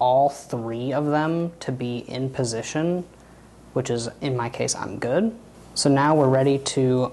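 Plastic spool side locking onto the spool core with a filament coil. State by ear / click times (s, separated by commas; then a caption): not seated / none. Someone talks while handling a refillable Bambu Lab plastic filament spool: the spool side with its three small tabs is placed in position on the larger spool core holding a filament coil, ready to be turned clockwise to lock. Nothing has seated or clicked yet.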